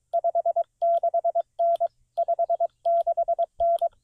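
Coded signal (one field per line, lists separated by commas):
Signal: Morse code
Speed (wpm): 22 wpm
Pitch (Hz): 680 Hz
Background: none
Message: 56N 56N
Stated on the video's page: CW park activation on 20 meters in tough band conditions, Xiegu G90 at 20 watts into an end-fed half-wave antenna.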